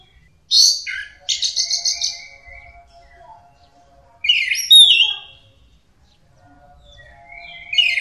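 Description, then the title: Orange-headed thrush song in short, separated bursts of sweet whistled and chattering notes, with quieter notes between and a pause near the middle. "Burung Anis Merah"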